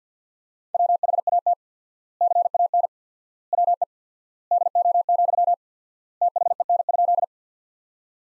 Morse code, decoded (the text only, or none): WHAT CAN WE DO, THEN?